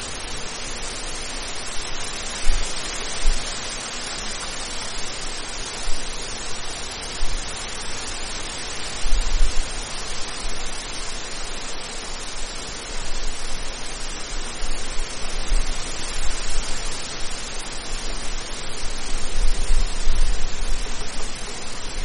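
A light breeze blows as a steady, dense hiss, with soft low buffeting gusts around three, nine and twenty seconds.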